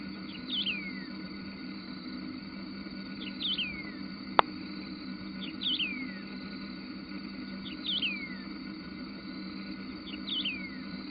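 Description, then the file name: Wedge-tailed grass-finch repeats its phrase five times: quick high notes and then a descending slurred whistle. There is one sharp click and a constant low hum. Recorded in a nature reserve near Piraju, Brazil. "Emberizoides herbicola -Piraju, Brasil -nature reserve"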